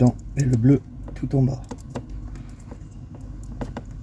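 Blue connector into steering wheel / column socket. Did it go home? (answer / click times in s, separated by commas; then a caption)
yes / 3.6 s. Someone talks while a blue connector at the very bottom is pushed into its socket in the steering wheel/column during a steering wheel refit on a Twingo. After a few faint handling clicks, it snaps in at 3.6 s with a sharp click and is well clipped in.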